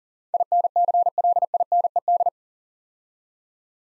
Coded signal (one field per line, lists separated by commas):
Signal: Morse code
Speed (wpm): 40 wpm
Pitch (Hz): 700 Hz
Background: none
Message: INCLINED